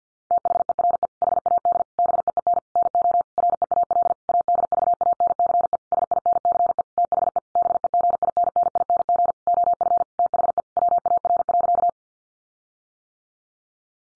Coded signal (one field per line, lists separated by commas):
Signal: Morse code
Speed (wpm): 50 wpm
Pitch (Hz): 700 Hz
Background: none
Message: THERE HAD BEEN NO REAL ADVANCE SINCE THE BEGINNING OF THE WAR.